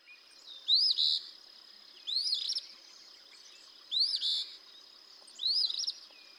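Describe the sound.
Eastern phoebe giving its scratchy rising-then-buzzy fee-bee phrase four times, spaced about one and a half seconds apart, in a quiet setting.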